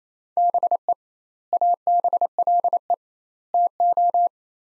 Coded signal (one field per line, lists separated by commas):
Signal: Morse code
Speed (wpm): 28 wpm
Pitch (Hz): 700 Hz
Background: none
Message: BE ABLE TO